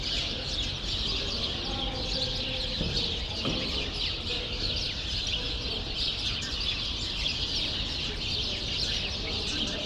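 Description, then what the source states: Sparrows chirping as a dense, continuous flock chatter of short high chirps, steady throughout with a few lower notes underneath. Sparrows in a grove at Rue Saint-Jean Népomucène 13, Brussels, Belgium, recorded with Earsight V2 AB microphones into a Mixpre-3.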